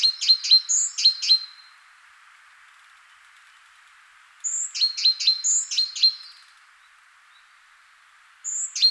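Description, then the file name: Great tit chirping in quick repeated notes, two clear bursts separated by several seconds of near silence, then a third burst starting at the end. "Parus major"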